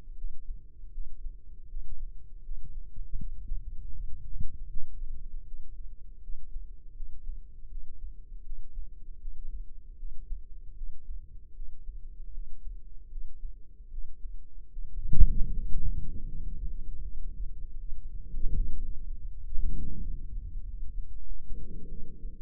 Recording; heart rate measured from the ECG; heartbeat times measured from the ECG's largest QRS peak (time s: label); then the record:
heart sounds by microphone in the left ear; 80 bpm
0.16 s: heartbeat
0.92 s: heartbeat
1.68 s: heartbeat
2.43 s: heartbeat
3.17 s: heartbeat
3.93 s: heartbeat
4.68 s: heartbeat
5.45 s: heartbeat
6.21 s: heartbeat
6.94 s: heartbeat
7.69 s: heartbeat
8.44 s: heartbeat
9.19 s: heartbeat
9.97 s: heartbeat
10.75 s: heartbeat
11.54 s: heartbeat
12.32 s: heartbeat
13.09 s: heartbeat
13.90 s: heartbeat
14.70 s: heartbeat
15.50 s: heartbeat
16.26 s: heartbeat
17.02 s: heartbeat
17.78 s: heartbeat
18.54 s: heartbeat
19.28 s: heartbeat
19.99 s: heartbeat
20.63 s: heartbeat
21.26 s: heartbeat
21.88 s: heartbeat
From the record:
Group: healthy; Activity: Valsalva maneuver 0-19 s, rest 19-22 s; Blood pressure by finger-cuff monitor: 85/51 mmHg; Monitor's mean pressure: 64 mmHg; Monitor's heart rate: 79 bpm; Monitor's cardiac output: 7.1 L/min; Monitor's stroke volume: 92 mL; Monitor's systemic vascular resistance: 640 dyn s/cm5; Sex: female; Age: 22 years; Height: 161 cm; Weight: 65.5 kg